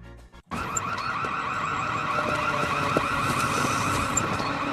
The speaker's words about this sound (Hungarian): Elnézést, uram. Megszólalt a riasztó, megnézném a szatyrát.